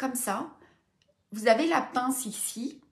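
A clip-on magnifier lens, a small plastic clamp, is handled against the frame of a pair of glasses while someone talks. Only speech is heard, with a short quiet gap in the middle. Nothing has seated or clicked yet.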